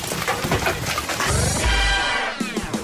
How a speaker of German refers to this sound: Kurz nach den weit über 36 Grad kommen übrigens die Unwetter über Deutschland. Was hier klingt wie Dosenwerfen, sind in echt Hagelkörner.